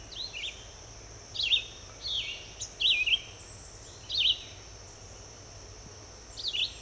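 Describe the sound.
Red-eyed vireo delivers a series of short, choppy whistled phrases, then a longer pause before a final phrase; steady high hiss throughout.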